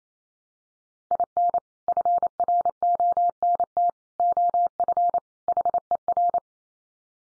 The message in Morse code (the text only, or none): IN FRONT OF HER